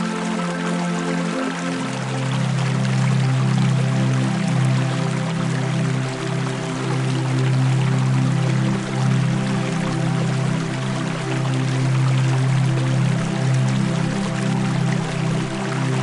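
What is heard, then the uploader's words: A flowing river rushes steadily and densely throughout, a bright hiss of water. Beneath it, soft music enters after about two seconds with a sustained low tone and held, drone-like notes that continue evenly to the end. Infinite Serenity With A Flowing River & Relaxing Music In A Tranquil Forest.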